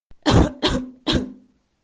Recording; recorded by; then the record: voluntary cough; messaging app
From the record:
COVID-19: negative